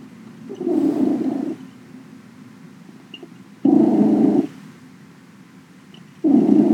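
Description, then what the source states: Cat purring: loud, low rumbling surges of about a second each, coming every few seconds, with quieter purring between. Cat named Max purring, 20 September 2017.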